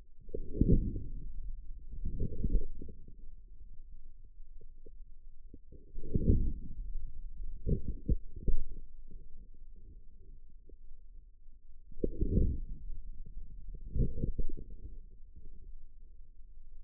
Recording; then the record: forearm muscle sounds (acoustic myography)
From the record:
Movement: outward rotation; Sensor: system 2, bracelet of six BSWA MPA416 microphones around the upper forearm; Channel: 4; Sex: male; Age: 22 years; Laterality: right